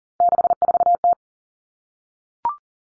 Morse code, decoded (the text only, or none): 64T